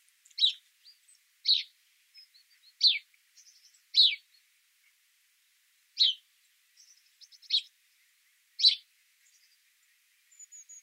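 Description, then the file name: House sparrow giving a series of sharp chirps every one to two seconds, mixed with fainter twittering notes in the gaps. "Passer domesticus"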